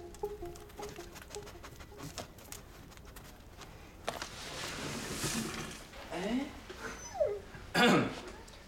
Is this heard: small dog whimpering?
yes